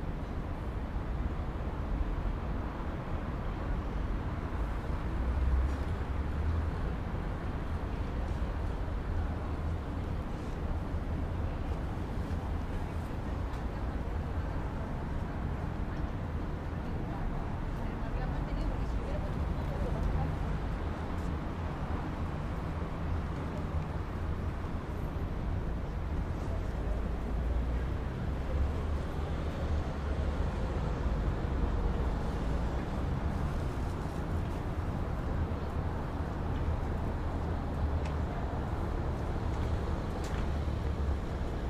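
Ambience from a city square, a steady, dense wash of sound that barely changes over the whole clip. A low rumble of passing traffic sits underneath, with a busy blur of voices and small clatters in the middle range.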